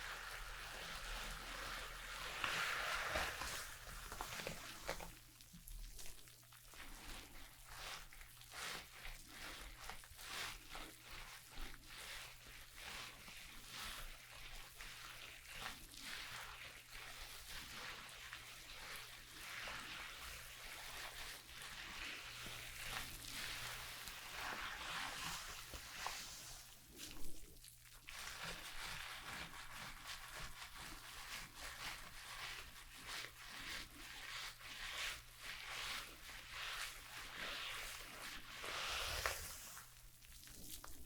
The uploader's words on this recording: ASMR Relaxing Shampoo and Hair brushing for your insomnia ｜NO TALKING.